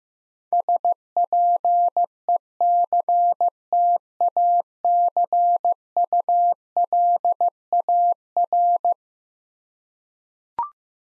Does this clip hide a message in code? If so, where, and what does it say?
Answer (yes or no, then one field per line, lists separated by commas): yes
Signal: Morse code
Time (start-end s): 0.5-8.9 s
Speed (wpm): 15 wpm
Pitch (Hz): 700 Hz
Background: none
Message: SPECTACULAR